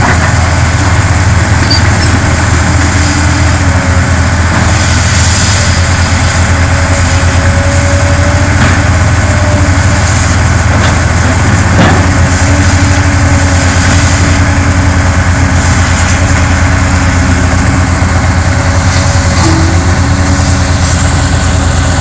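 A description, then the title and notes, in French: Dismantling work on a gas pipeline, carried by a heavy engine idling in a steady, unbroken low rumble for the full length. A faint higher whine drifts in and out, and a brief knock or clank stands out around the twelve-second mark. Demontage gazoduc uckange guenange lorraine.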